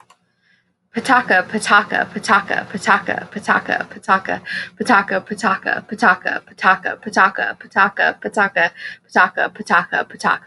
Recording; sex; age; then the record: repeated syllables /pa ta ka/; female; 30 to 39 years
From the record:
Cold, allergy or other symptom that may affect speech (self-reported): no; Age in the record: 30 years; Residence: California, United States